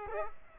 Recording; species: mosquito wingbeat signal from an infrared sensor; Aedes aegypti